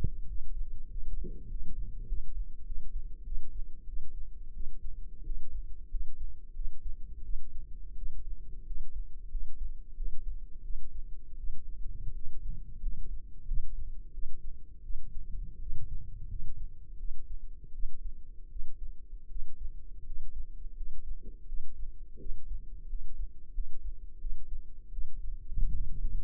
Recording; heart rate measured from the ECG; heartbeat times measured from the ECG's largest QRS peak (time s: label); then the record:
heart sounds by microphone in the left ear; 87 bpm
0.26 s: heartbeat
0.88 s: heartbeat
1.47 s: heartbeat
2.05 s: heartbeat
2.64 s: heartbeat
3.23 s: heartbeat
3.85 s: heartbeat
4.52 s: heartbeat
5.23 s: heartbeat
5.88 s: heartbeat
6.52 s: heartbeat
7.22 s: heartbeat
7.94 s: heartbeat
8.63 s: heartbeat
9.28 s: heartbeat
9.94 s: heartbeat
10.61 s: heartbeat
11.36 s: heartbeat
12.12 s: heartbeat
12.80 s: heartbeat
13.44 s: heartbeat
14.10 s: heartbeat
14.81 s: heartbeat
15.58 s: heartbeat
16.27 s: heartbeat
16.96 s: heartbeat
17.71 s: heartbeat
18.48 s: heartbeat
19.28 s: heartbeat
20.03 s: heartbeat
20.74 s: heartbeat
21.45 s: heartbeat
22.17 s: heartbeat
22.86 s: heartbeat
23.51 s: heartbeat
24.18 s: heartbeat
24.90 s: heartbeat
25.71 s: heartbeat
From the record:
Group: healthy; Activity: cold pressor test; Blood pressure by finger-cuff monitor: 126/87 mmHg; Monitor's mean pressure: 101 mmHg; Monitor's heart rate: 86 bpm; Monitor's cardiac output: 6.6 L/min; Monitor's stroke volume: 75 mL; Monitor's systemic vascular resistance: 1130 dyn s/cm5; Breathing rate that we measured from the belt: 8 breaths a minute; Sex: male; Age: 21 years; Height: 180 cm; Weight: 67.5 kg